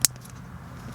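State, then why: Seated. The back locking tab on a Snowdogg V-plow wiring harness connector, being installed on a new Ram 3500 truck, is pushed closed after the connector is joined. It gives one sharp click at 0.1 s, followed by faint ticks over a steady low hum. The tab clicks shut and the connector is locked in place.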